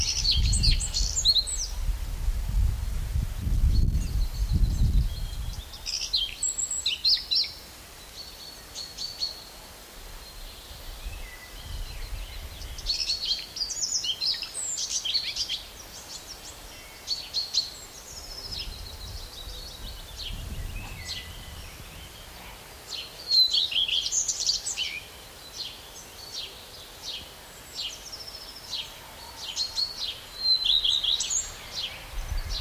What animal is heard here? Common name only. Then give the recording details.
Common Redstart. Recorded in the wild. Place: Prerow, Darß, Mecklenburg-Vorpommern, DE. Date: 1989-05-04 13:56. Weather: sunny, 20°C. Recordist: Tembrock, Günter. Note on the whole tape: Gesang: zwei Exemplare, auch Varianten ohne typischen Anfang! Bis 14.11 Uhr. Teilweise recht gut